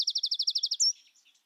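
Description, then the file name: Eurasian wren giving a fast, high trill of about ten identical notes, ending in a brief sharp rising note and faint soft twitters. "Troglodytes troglodytes"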